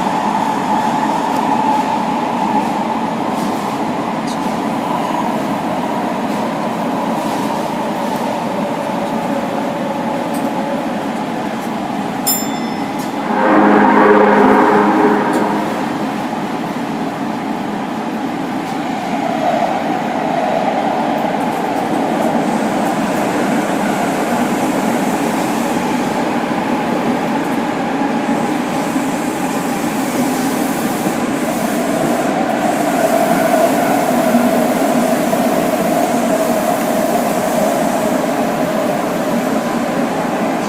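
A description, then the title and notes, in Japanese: A subway train on the Osaka Imazatosuji line runs with a steady rumble and a continuous droning tone in the mid range. Around 13 to 15 seconds a louder burst of rushing noise swells briefly, and the drone shifts pitch slightly near 20 seconds. 大阪市営地下鉄時代の今里筋線の全区間走行音。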